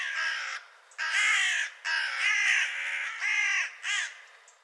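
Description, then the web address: Bird uttering rough, grating caws, five or six loud bursts in quick succession, the last ones shorter. "cianscape birddata Deverinetal 2025"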